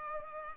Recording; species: mosquito wingbeat signal from an infrared sensor; Culex pipiens